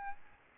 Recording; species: mosquito wingbeat signal from an infrared sensor; Aedes albopictus